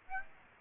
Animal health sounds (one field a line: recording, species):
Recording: mosquito wingbeat signal from an infrared sensor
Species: Aedes aegypti